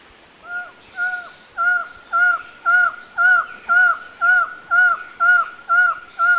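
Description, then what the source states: Buckley's forest falcon in a steady series of about twelve nasal, slightly down-slurred notes, roughly two per second, growing louder after the first few. Recorded in the eastern lowlands of South America.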